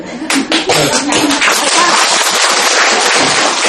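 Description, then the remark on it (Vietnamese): An audience at a Buddhist dharma talk claps in sustained applause to encourage a listener who spoke up, dense rapid hand claps filling the whole stretch at a steady, loud level with a slight swell near the start. “Đang được khích lệ chàng pháo tay không làm thiếu nợ đó.”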